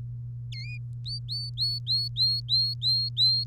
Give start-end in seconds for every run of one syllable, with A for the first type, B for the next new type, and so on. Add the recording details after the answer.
0.52-0.77 A, 1.06-3.44 B. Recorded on 3 May 2018 at 10:20. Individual llb3